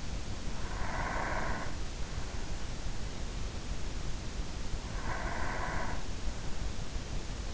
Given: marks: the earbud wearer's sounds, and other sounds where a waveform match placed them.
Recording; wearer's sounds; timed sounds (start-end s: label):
sounds in sleep by an in-ear microphone; breath
0.00-2.85 s: breath
4.51-6.28 s: breath